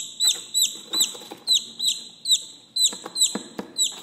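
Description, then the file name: Chicken chicks peeping: single high falling peeps at intervals, mixed with clicks and scratching noises. "Tieng ga con keu"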